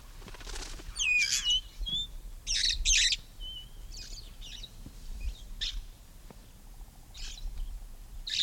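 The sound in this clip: Red-fronted parrot giving short rasping squawks at irregular intervals, mixed with thin whistled notes and faint background rumble.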